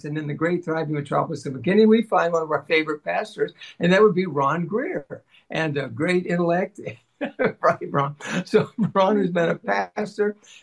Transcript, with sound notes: And in the great thriving metropolis of McKinney, we find one of our favorite pastors, and that would be Ron Grier, and a great intellect. (laughs) Right, Ron? So Ron, who's been a pastor.